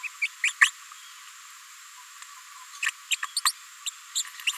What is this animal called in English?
Green-rumped Parrotlet